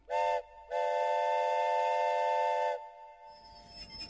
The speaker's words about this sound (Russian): Поезд, замедлив ход, словно крадучись, подбирался к Москве.